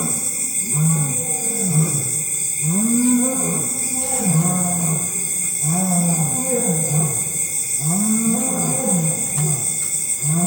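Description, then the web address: Lion roaring in a series of deep, arched grunts, roughly one a second, over a steady, high, shrill insect chorus. Lions with insect chorus in tropical evergreen forest at dusk, Gambia. "BBC Africa Gambia. lions with insect chorus in tropical evergreen forest at dusk"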